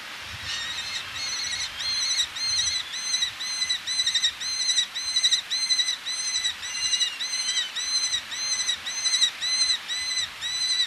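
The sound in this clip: Eleonora's falcon chattering, an even stream of rasping, slightly downcurved notes, nearly two a second.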